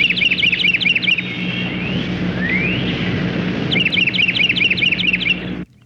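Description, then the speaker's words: Carolina wren song: two bursts of rapid, repeated two-part notes, separated by a pair of rising, sweeping slurs, over a steady low hum. Song compared to a small bugle. "The Carolina wren sounds like a small bugle."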